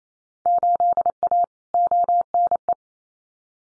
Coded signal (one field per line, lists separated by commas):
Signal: Morse code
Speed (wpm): 28 wpm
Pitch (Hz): 700 Hz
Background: none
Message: 8A ONE